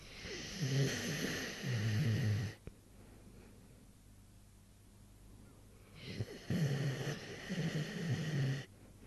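Morris, an animal, snoring: two long rattling snores, low and rumbling with a raspy upper edge, separated by a quiet exhale.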